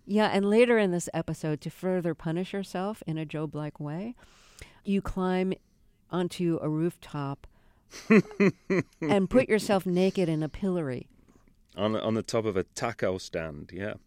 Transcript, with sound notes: Yeah. And later in this episode, to further punish yourself in a Job-like way, you climb onto a rooftop...
(Laughter).
...And put yourself naked in a pillory.
On the top of a taco stand. Yeah.